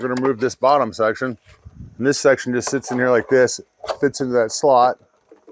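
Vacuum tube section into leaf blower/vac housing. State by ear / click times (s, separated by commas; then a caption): not seated / none. A plastic vacuum tube section of a BLACK+DECKER BV3600 corded 3-in-1 leaf blower, vac and mulcher (12 amp) is set into the slot of the housing, where it will lock. Someone talks throughout, and a few faint handling sounds come through between the words. Nothing has seated or clicked yet by the end of the clip.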